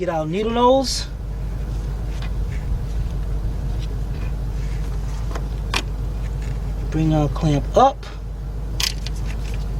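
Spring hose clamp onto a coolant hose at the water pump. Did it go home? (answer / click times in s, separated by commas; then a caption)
yes / 8.9 s, 9.1 s. A spring hose clamp on a coolant hose is moved with needle-nose pliers up over the hose end onto the water pump neck of a Ford Explorer, Aerostar, Ranger, Mazda B4000 or Navajo during a water pump replacement. Someone talks over a steady low hum with scattered small taps. Sharp clicks at 8.9 s and 9.1 s mark the clamp locking into place, seated.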